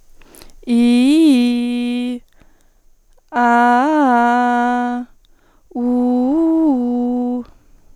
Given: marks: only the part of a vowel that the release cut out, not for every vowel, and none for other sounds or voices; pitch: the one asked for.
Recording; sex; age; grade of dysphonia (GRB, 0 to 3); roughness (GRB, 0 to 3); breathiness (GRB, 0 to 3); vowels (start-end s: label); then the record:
sustained vowels; female; 20 to 29 years; 0; 0; 0
0.85-1.98 s: vowel /i/, low-high-low pitch
3.52-4.75 s: vowel /a/, low-high-low pitch
5.94-7.29 s: vowel /u/, low-high-low pitch
From the record:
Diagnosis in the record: healthy voice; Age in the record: 22 years